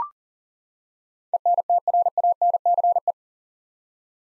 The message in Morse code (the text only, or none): ENTRANCE